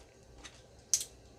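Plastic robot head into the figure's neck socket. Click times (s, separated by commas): 0.9 s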